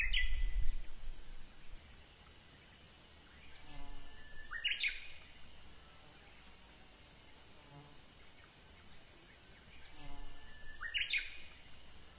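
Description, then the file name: Japanese bush warbler song: a whistled note swelling into a sharp, flourished ending, given twice about six seconds apart after the tail of an earlier song, over steady low background rumble. "uguisu"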